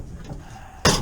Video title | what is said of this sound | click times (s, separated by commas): Burning rubber in a 69 charger and Working on a 68 with chris birdsong aka Junkerup. | Actually, it's like the perfect length where it locks in place. | 0.9 s